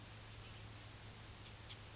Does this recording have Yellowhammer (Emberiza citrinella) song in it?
no